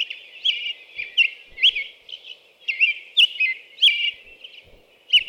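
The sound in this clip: American robin song: steady stream of short whistled phrases.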